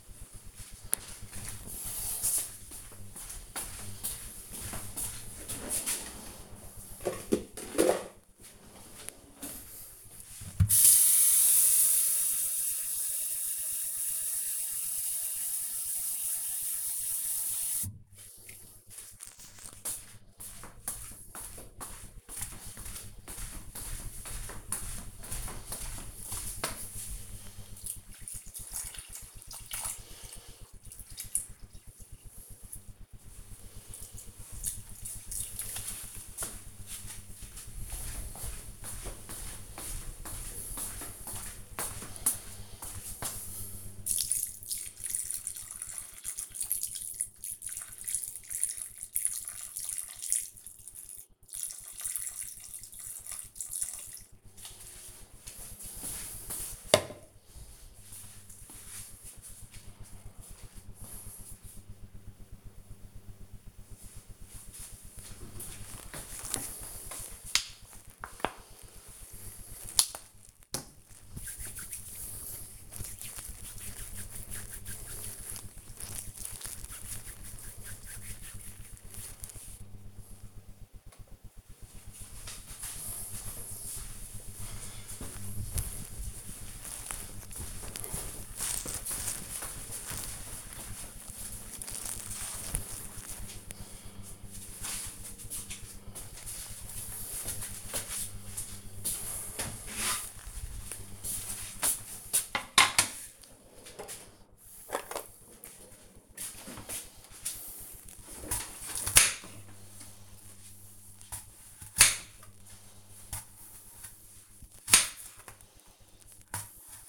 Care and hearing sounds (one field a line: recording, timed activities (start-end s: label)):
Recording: household activities, microphone on the right wrist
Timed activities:
9.97-54.19 s: watering plant
66.27-80.36 s: cream hands
106.53-117.08 s: cutting vegetables